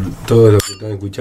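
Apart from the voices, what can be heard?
glasses clinking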